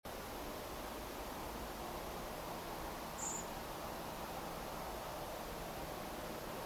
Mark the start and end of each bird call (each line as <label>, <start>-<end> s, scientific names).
Turdus merula, 3.18-3.43 s